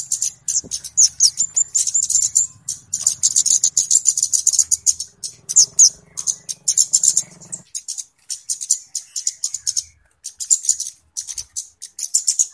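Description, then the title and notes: Flowerpecker chirps: dense, very high, buzzy ticking chatter in continuous bursts, over a faint low hum during the first half. Clear recording used as a lure (pikat). "Kicau Burung Kemade ( Cabe Cabean) Jernih. Suara Burung Cabe Cabean Pikat"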